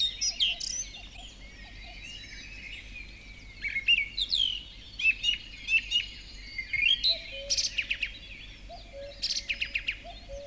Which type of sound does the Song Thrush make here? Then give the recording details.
song. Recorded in the wild. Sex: male. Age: adult. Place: Villach, Kärnten, AT. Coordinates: 46.6, 13.85. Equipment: Uher 4100 Report-V, Sennheiser MKH 804. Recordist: Brunner, Thomas